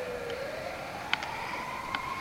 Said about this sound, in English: Now, hold on, we got a little ambulance passing through here. Oh my goodness. Crap's sake, I ever heard such a racket in your whole life.